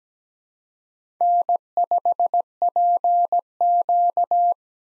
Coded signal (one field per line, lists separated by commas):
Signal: Morse code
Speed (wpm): 17 wpm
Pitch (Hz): 700 Hz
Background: none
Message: N5PQ